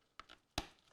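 Plastic fan cable plugs for Sahara P35 12 cm Pirate Turbo true RGB fans are pushed into ports 7 and 8 of an RGB fan controller hub. Sharp clicks sound at 0.2 s and 0.6 s, the second louder, with a fainter tick in between. The connectors are seated.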